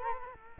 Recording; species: mosquito wingbeat signal from an infrared sensor; Culex quinquefasciatus